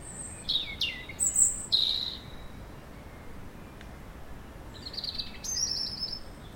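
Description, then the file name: European robin song: quick high whistles and downward-sliding notes in the first two seconds, a pause, then another thin sparkling phrase toward the end. "Erithacus rubecula"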